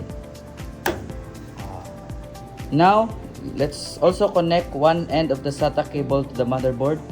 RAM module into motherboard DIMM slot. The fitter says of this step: Firmly press it down until you hear a click and the side clips lock in.